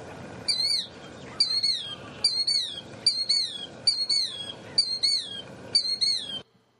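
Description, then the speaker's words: Killdeer calling: seven shrill, ringing notes that each slide downward, repeated roughly every 0.8 seconds before the sound stops abruptly. Played-back call, said to sound like the word 'killdeer', the source of the bird's name. "I got to play their call, though, because that's where they get the name killdeer."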